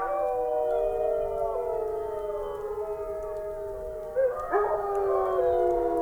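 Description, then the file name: Wolf: several wolves hold long, steady howls in overlapping pitches; near the end a sharper, quavering outburst rises above the chorus before the long tones resume. "Wolves Howling Wolf Howling"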